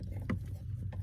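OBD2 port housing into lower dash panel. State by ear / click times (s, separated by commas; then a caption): seated / 0.3 s. A plastic OBD2 port housing is pressed back into its opening in the lower dash trim panel of a Tundra during a remote start installation. A sharp plastic click at 0.3 s is heard over a steady low hum, with a fainter tick near 0.9 s. The port pops in and seats.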